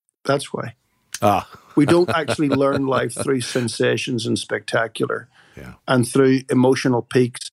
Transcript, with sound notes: “That’s why.”
Ah! (chuckles.)
We don’t actually learn life through sensations and the spectacular and through emotional peaks.